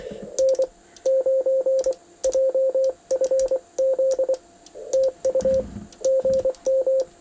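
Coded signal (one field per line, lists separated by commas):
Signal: Morse code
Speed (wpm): 24 wpm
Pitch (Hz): 530 Hz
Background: radio noise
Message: N9JFZ TU GM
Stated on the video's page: CW field activation testing a homebrew 40m quarter-wave vertical, contacts on 40m, plus 20m CW on an MFJ 2010 off-center dipole.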